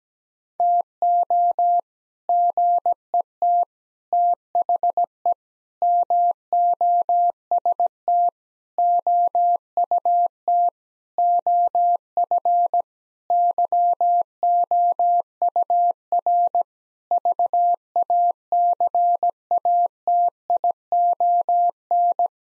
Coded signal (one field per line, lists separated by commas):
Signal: Morse code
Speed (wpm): 17 wpm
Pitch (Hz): 700 Hz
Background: none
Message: TO GET THE MOST OUT OF YOUR VACATION